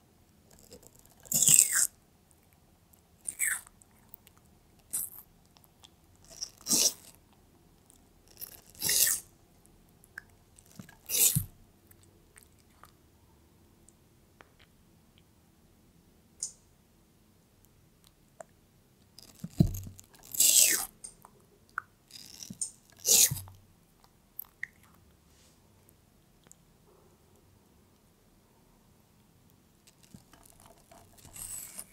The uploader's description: PET TORTOISE EATING CORONAVIRUS WATERMELON